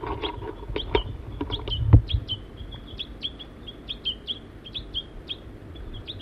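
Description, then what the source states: Crossbill calls: short, sharp chips repeated steadily, several per second, with a few clicks and low noise early on. Crossbill family feeding in Virginia and Table Mountain pines; female and juvenile present.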